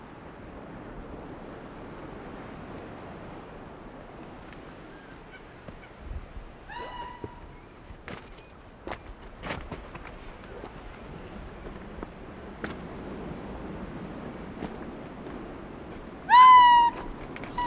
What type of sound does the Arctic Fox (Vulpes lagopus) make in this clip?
call